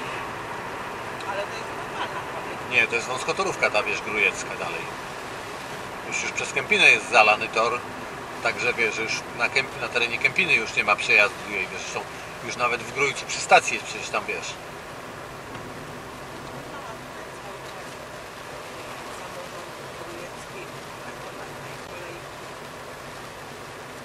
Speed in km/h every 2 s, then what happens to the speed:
85, 82, 78, 75, 71, 68, 65, 62, 59, 58, 57, 56.
0-16 slows to 59. 16-24 steady at about 57.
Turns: none.